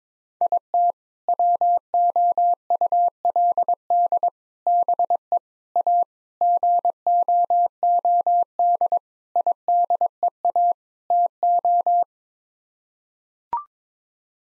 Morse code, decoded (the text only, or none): IT WOULD BE A GOOD IDEA TO